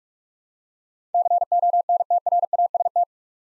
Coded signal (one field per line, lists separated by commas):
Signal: Morse code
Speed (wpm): 42 wpm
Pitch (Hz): 700 Hz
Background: none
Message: CONTRAST